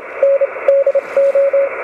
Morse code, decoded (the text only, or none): N DO